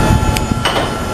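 A click-type torque wrench tightens a structural steel connection bolt until it clicks at the set torque, with the click at 0.4 s. A second, longer metallic hit follows at about 0.7 s over steady low rumbling background noise. The wrench is confirmed to have clicked at its set value.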